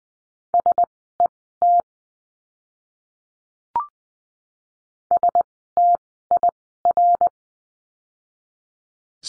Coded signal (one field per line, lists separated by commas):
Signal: Morse code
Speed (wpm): 20 wpm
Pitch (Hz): 700 Hz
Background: none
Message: SET STIR